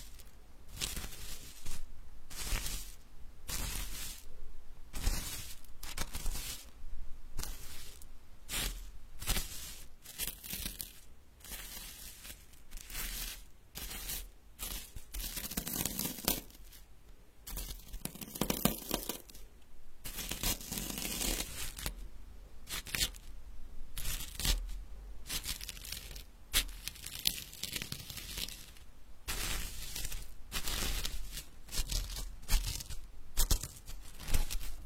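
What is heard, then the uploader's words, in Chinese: Medicinal herbs being ground, heard as a run of rough, scraping strokes that repeat roughly once or twice a second. The strokes are gritty and bright, with a longer, denser stretch of continuous grinding around the middle before the shorter strokes resume. 研磨药材。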